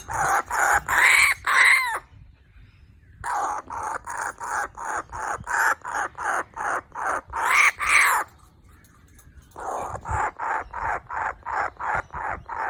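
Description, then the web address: Kookaburra chick calls: bursts of rapid harsh rasping squawks, several per second, separated by short pauses, with occasional louder strained notes. "ptenets kukabary"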